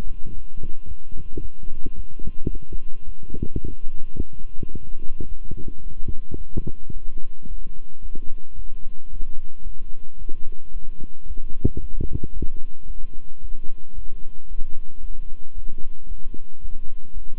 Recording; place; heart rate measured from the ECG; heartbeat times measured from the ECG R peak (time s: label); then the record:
heart sounds by stethoscope; between the tricuspid and mitral areas; 111 bpm
0.34 s: heartbeat
0.86 s: heartbeat
1.40 s: heartbeat
1.94 s: heartbeat
2.49 s: heartbeat
3.04 s: heartbeat
3.60 s: heartbeat
4.15 s: heartbeat
4.71 s: heartbeat
5.27 s: heartbeat
5.82 s: heartbeat
6.36 s: heartbeat
6.92 s: heartbeat
7.46 s: heartbeat
8.01 s: heartbeat
8.54 s: heartbeat
9.09 s: heartbeat
9.62 s: heartbeat
10.17 s: heartbeat
10.71 s: heartbeat
11.26 s: heartbeat
11.79 s: heartbeat
12.32 s: heartbeat
12.85 s: heartbeat
13.40 s: heartbeat
13.94 s: heartbeat
14.47 s: heartbeat
15.00 s: heartbeat
15.54 s: heartbeat
16.07 s: heartbeat
16.60 s: heartbeat
17.13 s: heartbeat
From the record:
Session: walking at 3.7 km/h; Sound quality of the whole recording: good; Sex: male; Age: 26 years